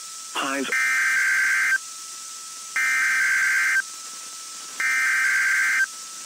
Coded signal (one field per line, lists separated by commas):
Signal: Emergency Alert System (SAME) tones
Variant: header bursts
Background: speech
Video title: One Manic Wednesday Tests Madness (EAS #10569-10616) 4/4-5/23